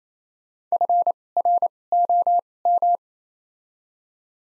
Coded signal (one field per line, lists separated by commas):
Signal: Morse code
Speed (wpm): 28 wpm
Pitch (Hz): 700 Hz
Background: none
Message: F R O M